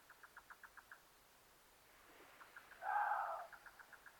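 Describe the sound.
Water deer giving one loud tonal squeal, with runs of short, evenly spaced pulses before and after it.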